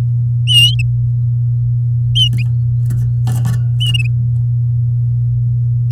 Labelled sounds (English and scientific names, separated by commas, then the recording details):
Domestic Canary (Serinus canaria) song
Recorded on 6 May 2018 at 09:01
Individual llb16